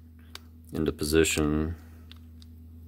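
The main gear set of a Penn Mag 10 levelwind fishing reel is being pushed back into the reel frame, held upside down. Someone talks briefly amid a low steady hum, with a few faint ticks of handling. Nothing has seated or snapped into position yet.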